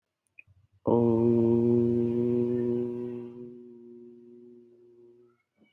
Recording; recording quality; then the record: sustained vowel as in boot; excellent, no background noise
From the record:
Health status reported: healthy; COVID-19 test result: not tested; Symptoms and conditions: none ticked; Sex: male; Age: 25 years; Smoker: yes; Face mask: not worn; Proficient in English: yes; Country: India